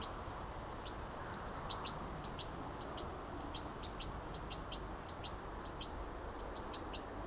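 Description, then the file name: European goldfinch calls, thin and high, coming in irregular clusters with short pauses, quieter above a broad background hiss. "Carduelis carduelis"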